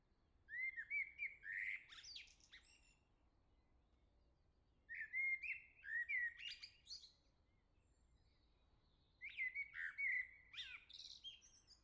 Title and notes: Le Merle salue l'été, La Jarrie, France. Quel Sol!!!! pour saluer l'arrivée de l'été ce matin! Merci Jolie Merle de tes vocalises à proximité!